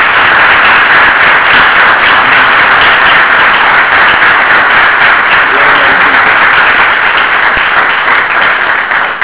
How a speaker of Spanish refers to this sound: Bueno, qué lindo recibir aplausos. Yo tengo que recibir, porque si no me resiento.